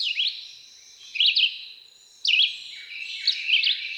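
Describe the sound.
Red-eyed Vireo: quick slurred whistled bird phrases, a few close together, set against a noisy high hiss; a vireo-like songbird singing.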